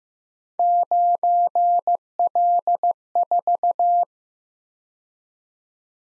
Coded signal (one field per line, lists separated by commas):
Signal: Morse code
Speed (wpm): 15 wpm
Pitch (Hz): 700 Hz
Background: none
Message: 9L4